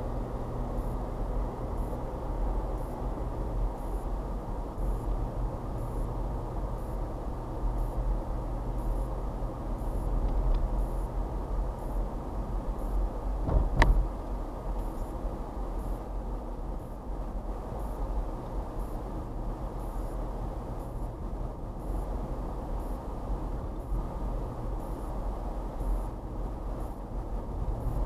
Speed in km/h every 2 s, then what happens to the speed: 27, 27, 27, 29, 29, 29, 29, 27, 29, 29, 29, 27, 29, 29.
0-28 steady at about 29.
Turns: none.